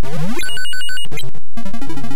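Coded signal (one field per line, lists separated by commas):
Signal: none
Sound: retro game sound effects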